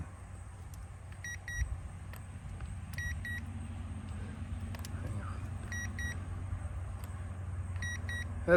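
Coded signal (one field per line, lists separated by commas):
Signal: none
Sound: thermometer beeps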